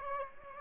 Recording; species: mosquito wingbeat signal from an infrared sensor; Aedes aegypti